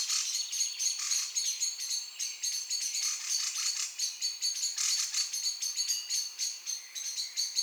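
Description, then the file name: Common blackbird uttering quick, hard, metallic call notes, an insistent chatter. "Turdus merula"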